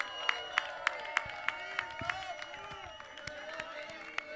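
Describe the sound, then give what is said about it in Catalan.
An audience applauds: a steady wash of clapping with sharper individual claps popping out at a fairly even pace, over a murmur of crowd voices. “Un fort aplaudiment, sisplau, una mica de soroll.”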